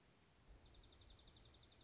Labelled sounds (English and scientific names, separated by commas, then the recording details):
Dark-eyed Junco (Junco hyemalis)
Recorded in Sonoma County, California